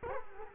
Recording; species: mosquito wingbeat signal from an infrared sensor; Culex quinquefasciatus